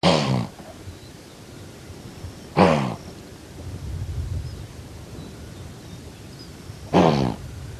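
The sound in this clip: Blue wildebeest calling with three harsh, buzzy grunts at irregular intervals, each short and pulsed, against a low rumbling background.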